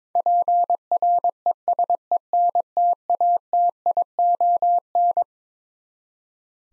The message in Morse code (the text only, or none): PRESENTATION